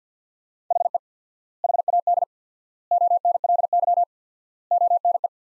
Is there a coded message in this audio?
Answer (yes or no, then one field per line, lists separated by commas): yes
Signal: Morse code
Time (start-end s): 0.7-5.3 s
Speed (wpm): 50 wpm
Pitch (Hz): 700 Hz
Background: none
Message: HE HAD ONLY ONE